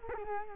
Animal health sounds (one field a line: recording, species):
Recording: mosquito wingbeat signal from an infrared sensor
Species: Culex quinquefasciatus